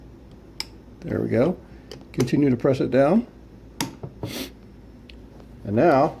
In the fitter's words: this down and you go ahead and do your little click there